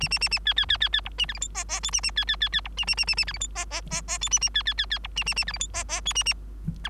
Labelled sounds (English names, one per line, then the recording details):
Bengalese Finch song
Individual Bird3